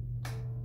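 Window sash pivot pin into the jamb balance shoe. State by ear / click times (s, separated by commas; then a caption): seated / 0.2 s. The tilted-in upper sash of an Andersen double-hung window is pushed back in and pressed down slightly until its corner pivot pin engages the balance shoe in the jamb. A short, bright click sounds at 0.3 s over a steady low hum. The sash is seated.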